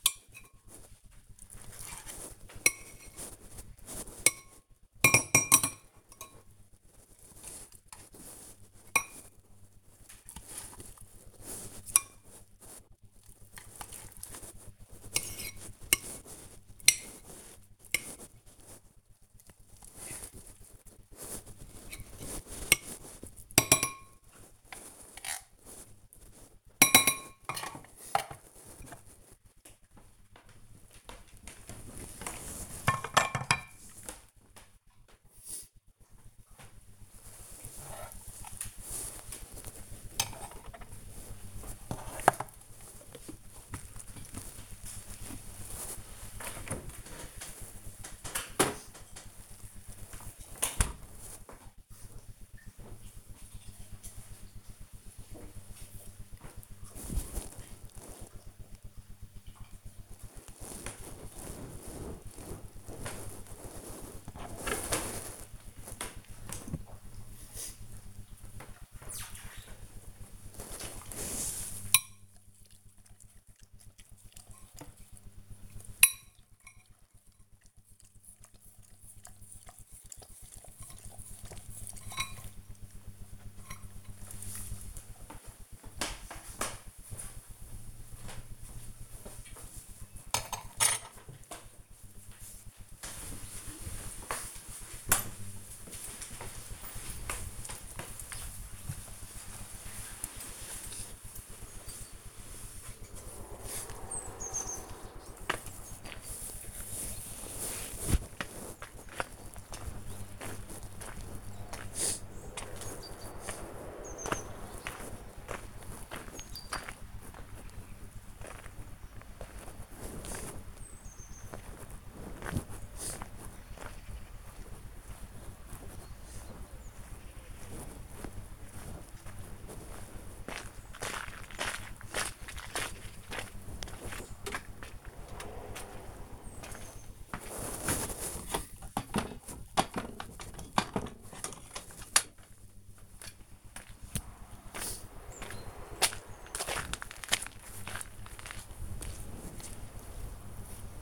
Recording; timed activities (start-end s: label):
household activities, microphone on the right wrist
15.85-34.98 s: feeding the dog
108.55-151.01 s: working in the garden